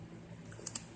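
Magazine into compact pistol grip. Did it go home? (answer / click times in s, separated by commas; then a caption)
no / none. A magazine is squeezed by hand as hard as possible into the grip of a Ruger SR40c compact pistol, and it will not latch unless it is struck hard. Two short, sharp ticks at 0.7 and 0.8 seconds stand out over a low background hum, but the magazine has not latched or clicked into place yet.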